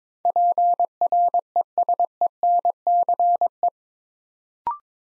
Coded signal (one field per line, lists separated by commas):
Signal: Morse code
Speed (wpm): 21 wpm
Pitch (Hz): 700 Hz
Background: none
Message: PRESENCE